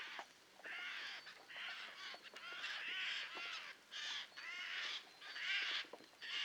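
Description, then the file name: Eurasian jay uttering hoarse, grating screech calls, several in quick succession, each a broad noisy burst. "Garrulus glandarius"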